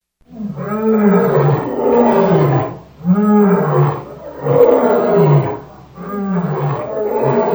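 Lion roaring in deep, harmonic bursts that fall slightly in pitch, in three long roaring phrases with short pauses between, over a steady low hum.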